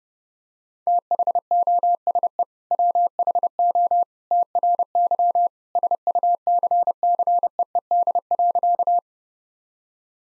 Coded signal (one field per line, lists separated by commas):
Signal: Morse code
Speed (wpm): 30 wpm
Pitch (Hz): 700 Hz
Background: none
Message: THOSE WHO TRY SUCCEED.